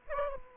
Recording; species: mosquito wingbeat signal from an infrared sensor; Aedes aegypti